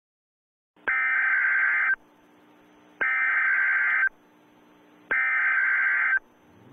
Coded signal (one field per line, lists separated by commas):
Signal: Emergency Alert System (SAME) tones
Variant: header bursts